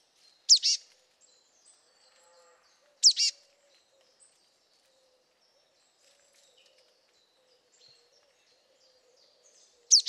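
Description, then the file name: Marsh tit call: a sharp, high whistled note and a short buzzy note, the pair given three times, the second about two and a half seconds after the first and the third after a long pause of about seven seconds, with a faint low hum between. "Poecile palustris"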